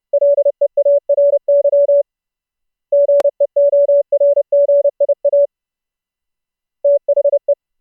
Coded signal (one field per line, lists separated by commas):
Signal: Morse code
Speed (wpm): 30 wpm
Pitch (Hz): 570 Hz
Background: none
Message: LEARY GEORGIA THE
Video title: Morse Code Audio Over Mumble: OUTPUT plugin options using CARLA PLUGIN HOST for Mumble CW over iP